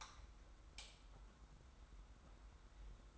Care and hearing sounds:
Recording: daily activity, microphone in the room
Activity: light on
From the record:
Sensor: 3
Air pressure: 991.1 hPa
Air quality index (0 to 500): 113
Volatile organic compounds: 65 ppm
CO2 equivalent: 3465 ppm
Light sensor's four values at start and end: 36/85/34/32 and 38/94/38/35

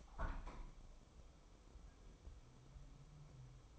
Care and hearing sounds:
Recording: daily activity, microphone in the room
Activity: open window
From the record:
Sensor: 1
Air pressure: 1014.9 hPa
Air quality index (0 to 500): 25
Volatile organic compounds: 0 ppm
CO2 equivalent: 500 ppm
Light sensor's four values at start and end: 10/25/10/11 and 11/27/11/12

